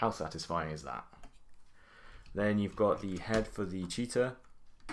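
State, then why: Not seated. Someone talks while handling the plastic cheetah head piece of a transforming toy robot, about to push it onto the body. Only faint handling ticks are heard near 1.2 s and 4.8 s. Nothing has seated or clicked yet.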